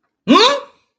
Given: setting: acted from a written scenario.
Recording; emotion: vocal sound without words; negative surprise